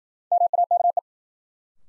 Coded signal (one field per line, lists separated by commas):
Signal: Morse code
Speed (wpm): 53 wpm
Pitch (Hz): 700 Hz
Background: none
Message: MAKE